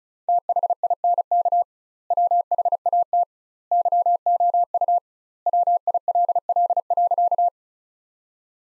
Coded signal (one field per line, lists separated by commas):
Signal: Morse code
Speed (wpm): 36 wpm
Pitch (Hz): 700 Hz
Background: none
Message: THINK WHAT YOU WILL.